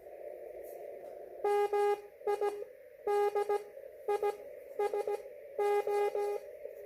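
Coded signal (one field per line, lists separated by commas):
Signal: Morse code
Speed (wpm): 16 wpm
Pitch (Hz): 410 Hz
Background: none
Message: MI DISO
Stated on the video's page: Slow-speed CW contact, QRP.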